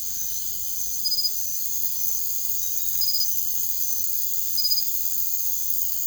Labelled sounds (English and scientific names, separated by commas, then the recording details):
none
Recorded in secondary vegetation near Puerto Asís, Putumayo, Colombia, on 21 March 2025 at 03:30
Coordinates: 0.489, -76.322
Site G042